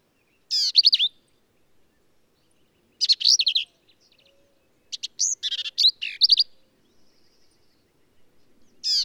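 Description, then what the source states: Black-capped vireo song: short, emphatic bursts of varied chattery and slurred high notes, phrases given every couple of seconds with silent gaps between. Male singing lively, emphatic songs; phrases sung alone, truncated, embellished or run together; endangered species; hill country of Texas, near Hunt.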